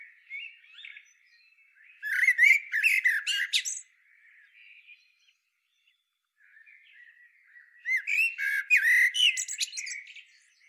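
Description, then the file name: Eurasian blackbird singing two phrases about six seconds apart, each a mellow fluty warble breaking into a dense, squeaky high twitter, with quiet warbling in between. "Turdus merula"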